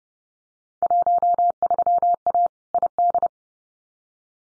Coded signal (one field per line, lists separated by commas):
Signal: Morse code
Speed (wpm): 30 wpm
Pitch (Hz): 700 Hz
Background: none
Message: 13A ID